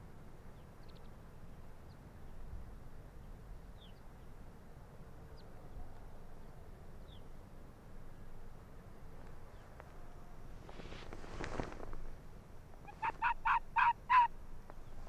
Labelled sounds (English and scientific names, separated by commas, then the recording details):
Arctic Fox (Vulpes lagopus)
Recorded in the wild
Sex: female
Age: adult
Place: Insel Mednyi, Kommandeur-Inseln, RU
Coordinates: 54.5167, 168.083
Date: 1999-07-28 19:55
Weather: 13°C, Nebel, leichter Wind aus Nordwest
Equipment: Sony WM-D6C, Sennheiser ME 80, K 30 AV, Windkorb, Kopie Tascam DA 30
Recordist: Jakupi, Antje